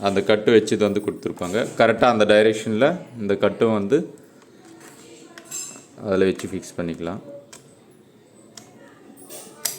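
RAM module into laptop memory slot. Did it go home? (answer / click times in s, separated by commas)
yes / 8.6 s, 9.7 s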